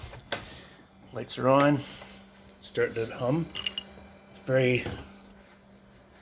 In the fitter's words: very quiet actually see I just Clos it again but it it didn't latch double latch